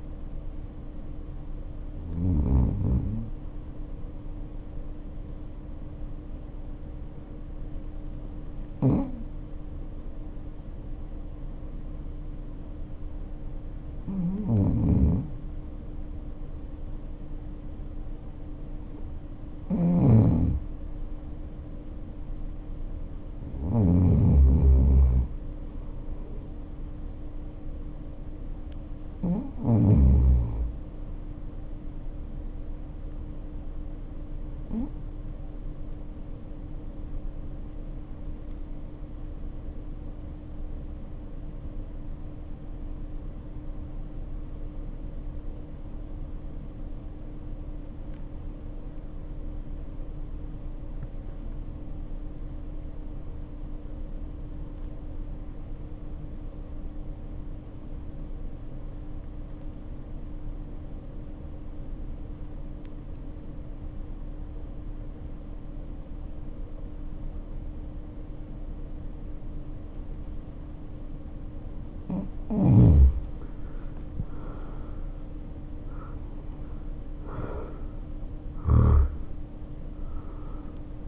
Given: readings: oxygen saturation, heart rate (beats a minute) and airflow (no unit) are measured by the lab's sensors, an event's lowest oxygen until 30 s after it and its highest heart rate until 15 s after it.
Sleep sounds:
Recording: breathing in sleep by a smartphone at the bedside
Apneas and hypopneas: 2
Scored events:
3.00-23.20 s: obstructive apnea (N1, oxygen 96% highest, then 90% lowest, heart rate 50 at the start, 57 highest)
36.00-72.00 s: obstructive apnea (N1, oxygen 94% highest, then 76% lowest, heart rate 54 at the start, 72 highest)
55.00-81.08 s: new sleep stage, N2 (light sleep)
From the record:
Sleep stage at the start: N1 (lightest sleep)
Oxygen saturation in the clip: 82 to 96%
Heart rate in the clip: 48 to 72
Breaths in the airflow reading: 8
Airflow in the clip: -0.8 to 0.8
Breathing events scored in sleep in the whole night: 520 in 7.2 hours asleep

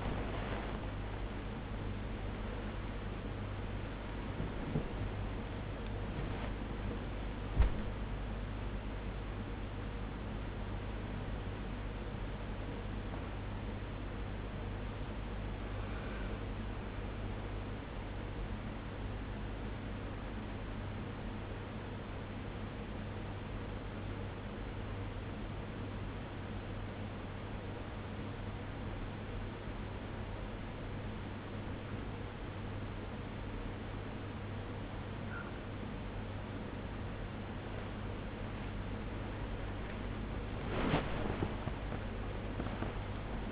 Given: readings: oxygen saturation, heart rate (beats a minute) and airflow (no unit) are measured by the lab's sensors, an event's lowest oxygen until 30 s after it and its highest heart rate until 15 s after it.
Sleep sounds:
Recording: breathing in sleep by a voice recorder at the bedside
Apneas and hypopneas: 1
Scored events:
0.00-20.00 s: awake
18.00-43.52 s: new sleep stage, N2 (light sleep)
20.00-39.10 s: hypopnea (N2, oxygen 96% highest, then 94% lowest, heart rate 75 at the start, 82 highest)
From the record:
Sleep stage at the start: awake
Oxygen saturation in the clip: 93 to 96%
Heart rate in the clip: 62 to 79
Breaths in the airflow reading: 13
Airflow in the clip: -3.9 to 2.3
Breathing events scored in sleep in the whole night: 101 in 7.3 hours asleep

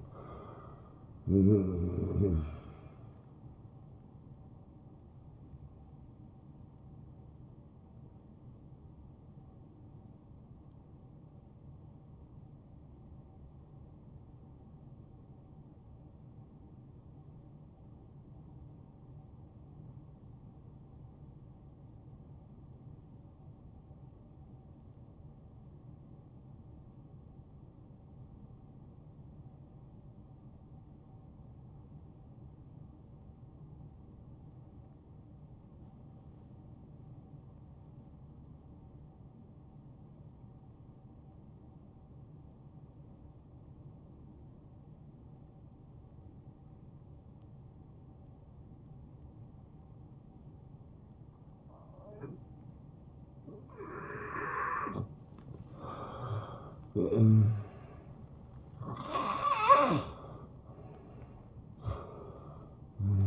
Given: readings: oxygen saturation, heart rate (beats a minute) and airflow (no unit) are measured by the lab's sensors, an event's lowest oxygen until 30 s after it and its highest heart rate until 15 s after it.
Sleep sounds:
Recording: breathing in sleep by a smartphone at the bedside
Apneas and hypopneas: 1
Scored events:
8.00-54.10 s: hypopnea (N1, oxygen 95% highest, then 86% lowest, heart rate 71 at the start, 76 highest)
26.00-63.27 s: new sleep stage, N2 (light sleep)
From the record:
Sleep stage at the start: N1 (lightest sleep)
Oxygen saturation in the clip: 87 to 95%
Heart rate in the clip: 57 to 76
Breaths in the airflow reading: 7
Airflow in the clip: -13.1 to 8.7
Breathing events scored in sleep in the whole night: 263 in 5.5 hours asleep

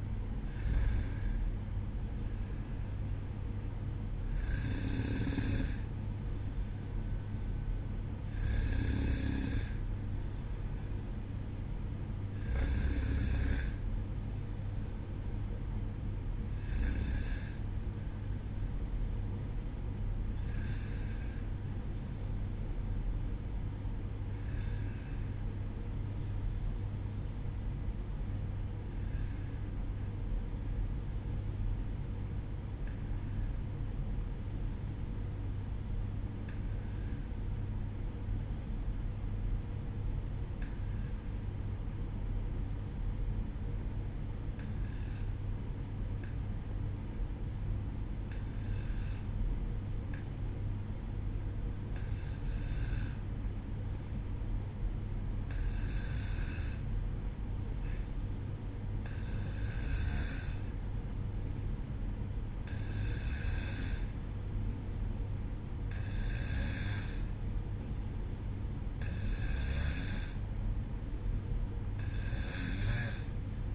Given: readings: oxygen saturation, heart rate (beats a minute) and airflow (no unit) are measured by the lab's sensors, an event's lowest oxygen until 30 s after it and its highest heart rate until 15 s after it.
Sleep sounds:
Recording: breathing in sleep by a smartphone at the bedside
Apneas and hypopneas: 1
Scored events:
17.00-73.75 s: new sleep stage, N2 (light sleep)
22.00-69.60 s: hypopnea (N2, oxygen 95% highest, then 92% lowest, heart rate 59 at the start, 64 highest)
From the record:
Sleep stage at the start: N1 (lightest sleep)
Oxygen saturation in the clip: 92 to 95%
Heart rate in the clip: 58 to 64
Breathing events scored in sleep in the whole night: 305 in 9.6 hours asleep

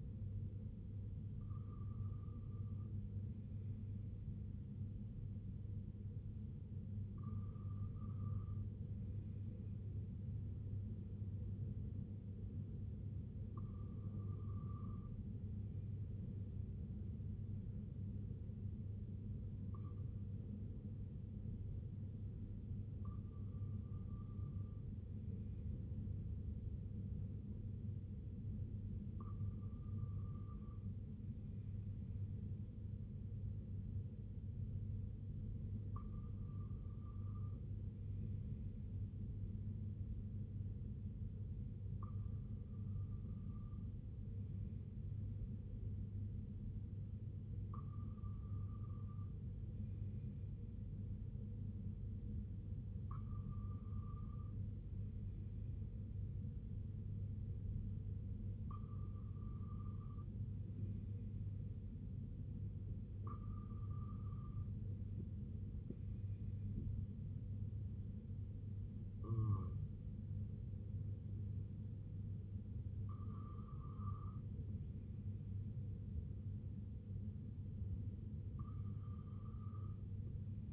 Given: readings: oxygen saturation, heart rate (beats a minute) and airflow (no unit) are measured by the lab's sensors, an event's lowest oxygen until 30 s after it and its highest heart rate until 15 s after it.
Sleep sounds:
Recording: breathing in sleep by a smartphone at the bedside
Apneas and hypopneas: none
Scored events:
none scored
From the record:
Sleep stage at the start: N1 (lightest sleep)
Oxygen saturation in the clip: 93 to 96%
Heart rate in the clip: 60 to 72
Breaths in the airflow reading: 15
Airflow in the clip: -5.1 to 3.8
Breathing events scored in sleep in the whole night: 258 in 7.4 hours asleep

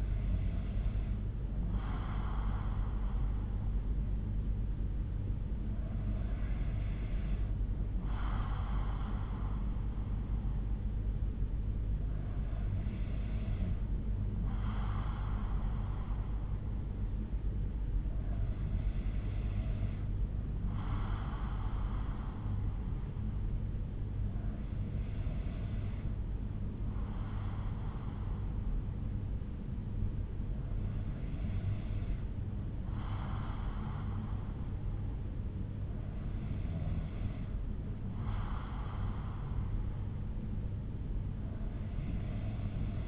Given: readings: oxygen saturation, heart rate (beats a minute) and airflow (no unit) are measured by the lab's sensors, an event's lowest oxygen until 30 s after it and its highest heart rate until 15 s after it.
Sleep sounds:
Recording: breathing in sleep by a smartphone at the bedside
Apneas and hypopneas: none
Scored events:
38.00-43.08 s: new sleep stage, N3 (deep sleep)
From the record:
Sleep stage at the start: N2 (light sleep)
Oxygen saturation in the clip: 93%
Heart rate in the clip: 58 to 61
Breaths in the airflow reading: 7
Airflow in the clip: -4.4 to 3.1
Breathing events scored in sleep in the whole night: 368 in 8.0 hours asleep

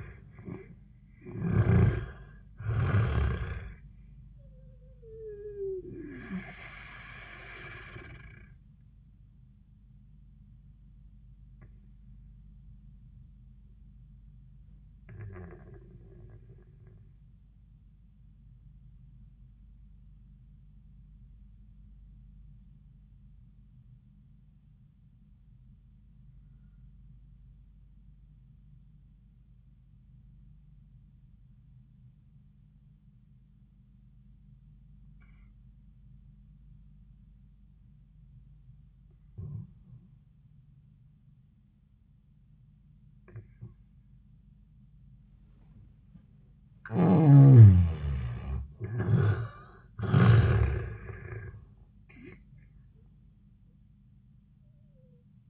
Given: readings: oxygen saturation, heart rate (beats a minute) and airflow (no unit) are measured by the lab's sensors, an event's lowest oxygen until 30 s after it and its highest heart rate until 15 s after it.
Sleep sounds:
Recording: breathing in sleep by a smartphone at the bedside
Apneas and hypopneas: 1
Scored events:
10.00-46.50 s: obstructive apnea (N1, oxygen 95% highest, then 72% lowest, heart rate 74 at the start, 90 highest)
25.00-55.49 s: new sleep stage, N2 (light sleep)
From the record:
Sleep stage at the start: N1 (lightest sleep)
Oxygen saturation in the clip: 73 to 95%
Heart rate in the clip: 70 to 90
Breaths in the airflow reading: 2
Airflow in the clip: -21.9 to 26.6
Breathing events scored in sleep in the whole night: 400 in 8.7 hours asleep

